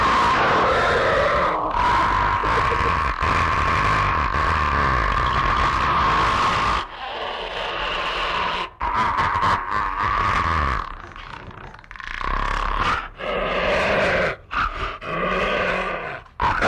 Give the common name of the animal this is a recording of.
Striped Hyaena